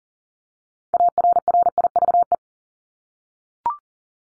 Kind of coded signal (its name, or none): Morse code